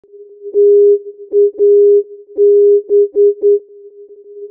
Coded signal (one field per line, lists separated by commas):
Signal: Morse code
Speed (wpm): 9 wpm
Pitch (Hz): 410 Hz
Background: music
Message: TAB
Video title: Crown Point "TAB" non-directional beacon - AM 323 kHz